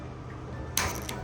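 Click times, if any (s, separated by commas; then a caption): 0.8 s, 1.1 s. A plastic snap-on fitting is pushed over three matching holes on a drawer panel of a 2024 IKEA PAX wardrobe. After low background rumble, a sharp snap lands at 0.8 s and a softer second snap at 1.1 s. The fitting is clicked on and seated.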